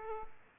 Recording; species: mosquito wingbeat signal from an infrared sensor; Aedes aegypti